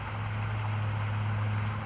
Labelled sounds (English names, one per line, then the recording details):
California Towhee
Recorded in Sonoma County, California